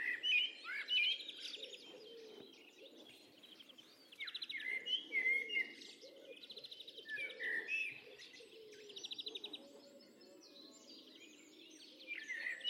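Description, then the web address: Bird calls: rapid buzzy trilled bursts and sharp whistled notes from several birds, with soft low cooing phrases underneath. "cianscape birddata Deverinetal 2025 File origin Bird Only Tu Me Tu Me"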